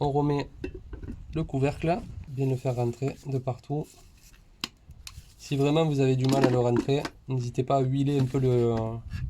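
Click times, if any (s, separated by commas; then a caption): 4.6 s, 5.1 s. Someone talks while the plastic cover of a 1.5 dCi diesel fuel filter housing is put back on and pushed in all the way round. Two sharp hits sound at 4.6 s and 5.1 s as it is pressed home, and the cover ends up seated in the housing.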